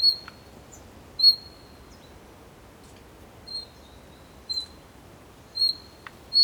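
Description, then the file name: Bird calls, short high whistled notes given irregularly about once a second with pauses, over a faint steady background hiss. "PAJAROS"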